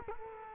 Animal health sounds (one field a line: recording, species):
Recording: mosquito wingbeat signal from an infrared sensor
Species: Culex quinquefasciatus